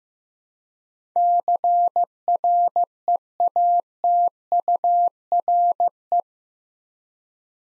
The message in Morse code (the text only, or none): CREATURE